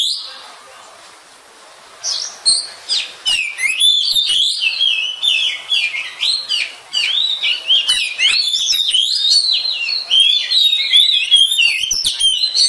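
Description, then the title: Oriental magpie-robin song: a brief note, a quiet pause, then fast jumbled whistles, chirps and sharp clicks pouring out in an energetic, varied stream. "suara kacer"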